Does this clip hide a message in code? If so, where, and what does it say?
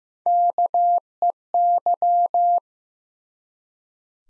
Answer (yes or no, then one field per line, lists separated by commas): yes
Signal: Morse code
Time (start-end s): 0.3-2.6 s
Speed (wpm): 16 wpm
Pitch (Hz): 700 Hz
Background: none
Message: KEY